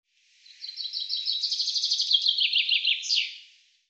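Common chaffinch song: chirpy trills sliding downward into a sharp final flourish, about three seconds long, on a quiet background.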